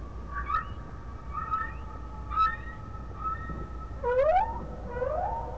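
Whale calls: short chirping notes over a thin steady tone, then two brighter rising whoops toward the end.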